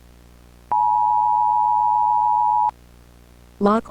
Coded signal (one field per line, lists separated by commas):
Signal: Emergency Alert System (SAME) tones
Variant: 853 and 960 Hz attention tone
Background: speech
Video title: Eas Scenario: do not move